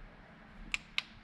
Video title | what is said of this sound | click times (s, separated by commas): Lincoln MKZ Hybrid - Spark Plug Change | and then you hear the click you're you're officially done | 0.7 s, 1.0 s